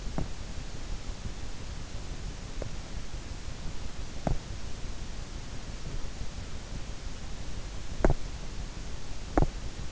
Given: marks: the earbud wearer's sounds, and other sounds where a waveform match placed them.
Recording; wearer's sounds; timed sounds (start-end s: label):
sounds in sleep by an in-ear microphone; teeth grinding
0.00-0.52 s: teeth grinding
4.01-4.66 s: teeth grinding
7.82-8.41 s: teeth grinding
9.31-9.76 s: teeth grinding